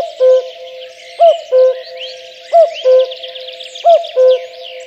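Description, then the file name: Common cuckoo giving a regular two-note cuckoo call, lower second note, repeated roughly every one and a third seconds amid a chorus of twittering birds. "kakukk hangja"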